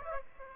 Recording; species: mosquito wingbeat signal from an infrared sensor; Aedes aegypti